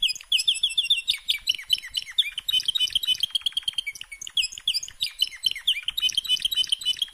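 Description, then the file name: Canary song, a dense continuous run of rapid high chirps, trills and rolling warbles without pause. "Canary Voice"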